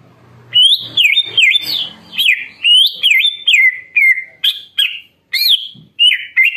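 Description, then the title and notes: Greater green leafbird song of loud, looping whistled phrases with crisp clicks, delivered briskly with only brief pauses. Training recording for teaching other birds (masteran and pancingan) of a bird singing in full, energetic song (gacor). "Masteran & Pancingan Cucak Ijo Gacor. Burung Cucak Ijo"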